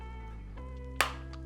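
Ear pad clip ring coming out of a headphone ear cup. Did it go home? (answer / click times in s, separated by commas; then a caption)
released / 1.0 s. A non-sharp tool is worked around several angles to pry an old ear pad up from the plastic housing of a Bose 700 headphone ear cup. Over steady background music, the ear pad's plastic clip ring pops loose with a sharp click at 1.0 s, followed by a fainter tick at 1.3 s. The clips release.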